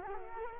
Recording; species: mosquito wingbeat signal from an infrared sensor; Culex quinquefasciatus